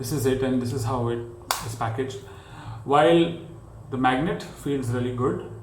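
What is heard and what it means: Someone talks while handling the magnetic plastic lid of a pTron Bassbuds Pro earbud charging case, bringing it toward the case body. The clip ends before the lid snaps shut: nothing has seated or clicked yet.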